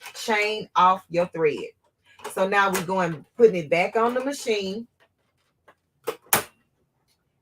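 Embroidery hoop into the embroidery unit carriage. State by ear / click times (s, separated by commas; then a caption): seated / 6.3 s. Someone talks while an embroidery hoop is put back onto the embroidery arm (embroidery unit carriage) of a Brother SE1950 embroidery machine after re-threading. After a faint tick at 5.7 s, the hoop latches with one sharp click at 6.3 s, showing it is seated in place.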